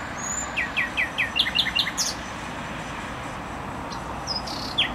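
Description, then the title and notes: Nightingale song: a thin whistle, then a series of repeated downslurred notes, followed by sharper scattered notes; road noise steady underneath. Singing in bushes close to a noisy motorway (Trasa Toruńska), Bródno-Podgrodzie, Warsaw, Poland; recorded with an Olympus LS-11. "Bródno-Podgrodzie, Warszawa, Polska - Trasa Toruńska Nightingale. nightingale singing in bushes close to noisy motorway. Recorder: Olympus LS-11"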